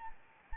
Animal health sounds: mosquito wingbeat signal from an infrared sensor; Anopheles arabiensis

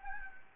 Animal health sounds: mosquito wingbeat signal from an infrared sensor; Anopheles gambiae

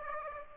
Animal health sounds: mosquito wingbeat signal from an infrared sensor; Aedes aegypti

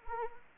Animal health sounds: mosquito wingbeat signal from an infrared sensor; Anopheles arabiensis

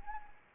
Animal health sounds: mosquito wingbeat signal from an infrared sensor; Anopheles arabiensis

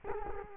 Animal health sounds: mosquito wingbeat signal from an infrared sensor; Culex quinquefasciatus

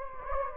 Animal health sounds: mosquito wingbeat signal from an infrared sensor; Anopheles gambiae

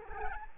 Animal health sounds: mosquito wingbeat signal from an infrared sensor; Anopheles gambiae

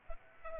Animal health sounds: mosquito wingbeat signal from an infrared sensor; Aedes aegypti

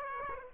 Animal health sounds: mosquito wingbeat signal from an infrared sensor; Aedes aegypti

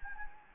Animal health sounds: mosquito wingbeat signal from an infrared sensor; Anopheles gambiae

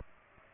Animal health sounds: mosquito wingbeat signal from an infrared sensor; Aedes aegypti

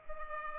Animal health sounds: mosquito wingbeat signal from an infrared sensor; Culex pipiens

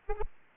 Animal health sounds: mosquito wingbeat signal from an infrared sensor; Aedes aegypti

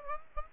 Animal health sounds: mosquito wingbeat signal from an infrared sensor; Aedes aegypti

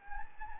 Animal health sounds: mosquito wingbeat signal from an infrared sensor; Anopheles gambiae

